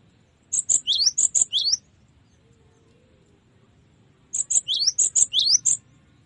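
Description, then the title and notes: Cinereous Tit song: two rapid phrases of high, thin notes mixing short ticks with quick down-slurred whistles, each lasting over a second, separated by a long pause. Used to tutor caged songbirds. "Masteran Gelatik Batu. burung gelatik"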